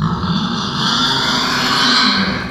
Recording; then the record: squeal of a Yucatan mini pig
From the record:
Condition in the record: after surgery on the right vocal fold (resection and tissue-engineered implant); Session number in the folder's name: 16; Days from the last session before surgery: 183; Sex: female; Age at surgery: 19 weeks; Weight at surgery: 25 kg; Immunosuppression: prednisolone